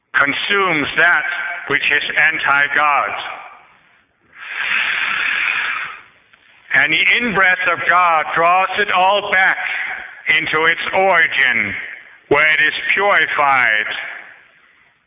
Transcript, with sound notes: consumes that which is anti-god!
[Sound of the incoming breath]
And the in-breath of God draws it all back into its origin, where it is purified